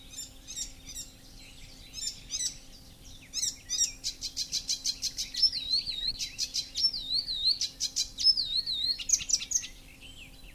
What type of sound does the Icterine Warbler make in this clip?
song